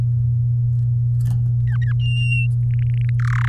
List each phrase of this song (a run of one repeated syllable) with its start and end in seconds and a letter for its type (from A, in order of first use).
1.67-1.93 A, 1.99-2.47 B, 2.70-3.09 C, 3.19-3.48 D